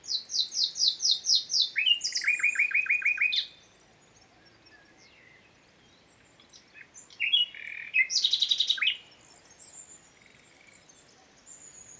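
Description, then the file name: Common nightingale song: rapid repeated high notes, then a fast series of lower repeated notes, a pause, and another burst of varied buzzy and whistled phrases. "Luscinia megarhynchos"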